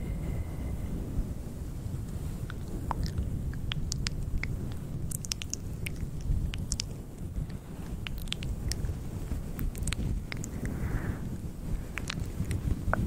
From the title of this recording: Scratching Fluffy Mic, Mouth Sounds and Movements